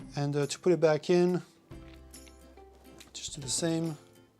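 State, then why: Not seated. Someone talks while the removed prism viewfinder of a Pentax 67 medium-format camera is handled and brought back toward the top of the camera body, with faint handling taps and a low steady hum in the pause between the speech. The clip ends before the prism goes home; nothing has seated or clicked yet.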